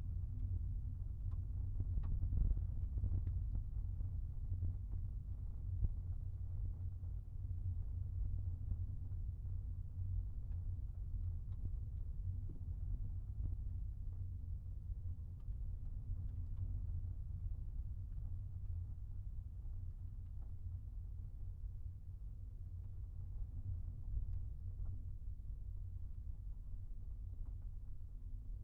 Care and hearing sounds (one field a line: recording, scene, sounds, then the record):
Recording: everyday scene through a hearing-aid microphone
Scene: in a vehicle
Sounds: engine, rumble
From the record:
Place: Skoda Fabia, gasoline engine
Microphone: behind the ear, right, rear